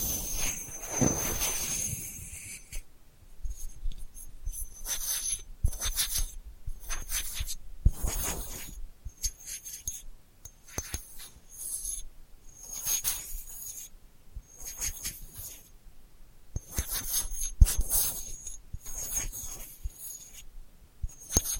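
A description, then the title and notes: Delicate scratching comes in short, irregular bursts of dry, bright scraping, a few every second with brief quiet gaps between. A louder, rougher rub opens the first two seconds, and a faint thin whistle-like tone hangs high above the scratches throughout. ASMR Delicate Scratching for Sleep (No Talking).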